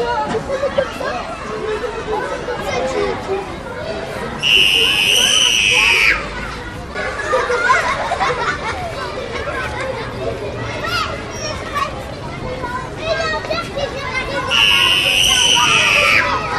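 A school playground at recess, full of children's chatter and overlapping voices at a steady, dense level throughout. Twice, near 4–6 seconds and again around 15 seconds, a high, sustained shriek or squeal cuts sharply above the crowd before fading back into the babble.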